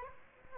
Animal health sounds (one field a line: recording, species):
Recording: mosquito wingbeat signal from an infrared sensor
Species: Aedes aegypti